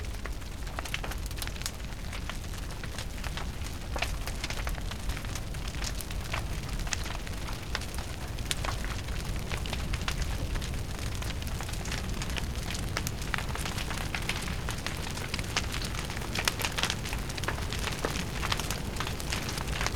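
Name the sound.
crackling fire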